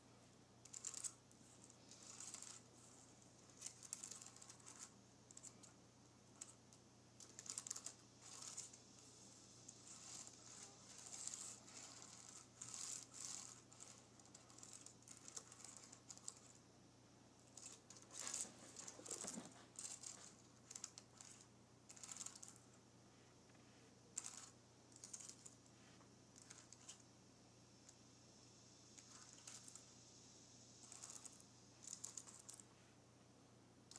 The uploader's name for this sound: Nails Grazing Across my Keyboard